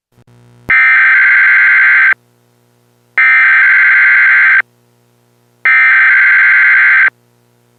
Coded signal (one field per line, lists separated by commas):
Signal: Emergency Alert System (SAME) tones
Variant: header bursts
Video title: EAS Broadcast 2 0